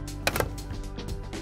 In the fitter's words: There should be an audible click that lets you know your pipette is securely in the hub.